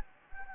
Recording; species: mosquito wingbeat signal from an infrared sensor; Anopheles gambiae